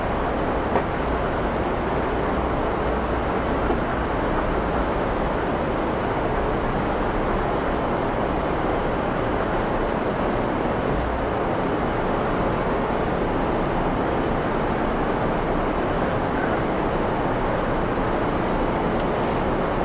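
Steady interior ambience of a space shuttle: a dense, unchanging rumble weighted toward the low end, with a constant deep hum underneath. Faint whining tones drift in and out around the middle, but the level stays even throughout.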